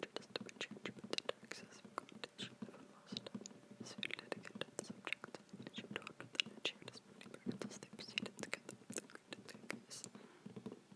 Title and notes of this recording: Unintelligible whispering. Whispering unintelligibly and quietly tapping a large box with my fingertips